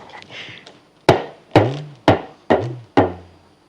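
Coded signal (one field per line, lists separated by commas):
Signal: talking drum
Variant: Yoruba dundun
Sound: five resonant drum strokes whose low pitch bends up and down, speech-like phrasing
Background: faint background noise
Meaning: I want to meet you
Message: i want to meet you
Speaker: just tell her i want to meet you in case she's watching [Laughter]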